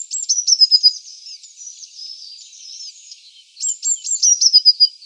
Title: Sylvain Jaskowiak - Mes piafs. Mésange bleue